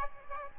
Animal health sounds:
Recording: mosquito wingbeat signal from an infrared sensor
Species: Aedes aegypti

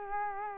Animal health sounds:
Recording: mosquito wingbeat signal from an infrared sensor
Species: Culex quinquefasciatus

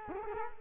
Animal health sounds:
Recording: mosquito wingbeat signal from an infrared sensor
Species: Culex quinquefasciatus

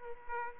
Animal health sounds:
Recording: mosquito wingbeat signal from an infrared sensor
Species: Aedes aegypti

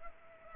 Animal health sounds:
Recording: mosquito wingbeat signal from an infrared sensor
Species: Culex pipiens

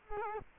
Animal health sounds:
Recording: mosquito wingbeat signal from an infrared sensor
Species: Culex quinquefasciatus

